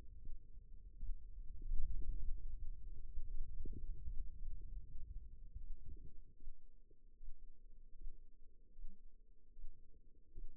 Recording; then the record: forearm muscle sounds (acoustic myography)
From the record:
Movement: radial deviation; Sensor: system 2, bracelet of six BSWA MPA416 microphones around the upper forearm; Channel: 3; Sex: female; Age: 25 years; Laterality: right